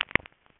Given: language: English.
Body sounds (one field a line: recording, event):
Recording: throat vibration sensor signal played as sound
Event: swallow